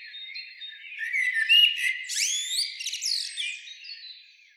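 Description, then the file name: Common blackbird song, sweeping whistled notes rising and falling, mixed with rapid high chirps, fading at the close. "Turdus merula"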